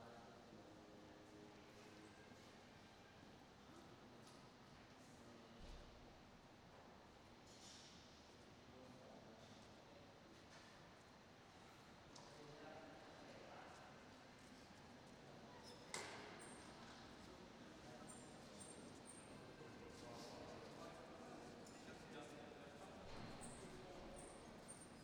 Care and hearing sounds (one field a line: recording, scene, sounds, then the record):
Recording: everyday scene through a hearing-aid microphone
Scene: reverberant space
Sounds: background noise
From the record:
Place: railway station hall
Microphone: in the ear canal, right